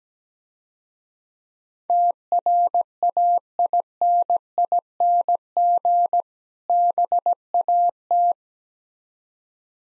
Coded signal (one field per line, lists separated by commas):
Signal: Morse code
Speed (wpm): 17 wpm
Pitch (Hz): 700 Hz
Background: none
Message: TRAINING BAT